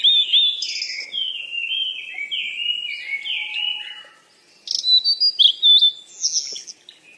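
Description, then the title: Bird song: a long run of bright, sliding whistled notes that gradually fall in pitch, a short silence, then a burst of high, sharp chirps. "鸟儿喳喳"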